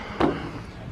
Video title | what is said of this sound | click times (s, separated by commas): Gmc sierra in for a sunroof install new unit | It just popped in. It's not all the way in. | 0.2 s